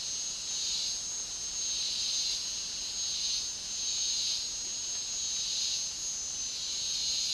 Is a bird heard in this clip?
no